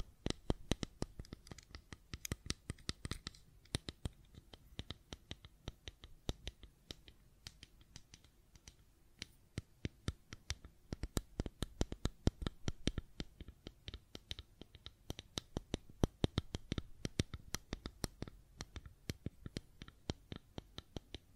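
A fidget cube is tapped and clicked in a steady run of sharp, dry clicks, arriving several per second for the whole stretch. The clicks come in uneven bursts, some louder and crisper than others, over a faint hushed background.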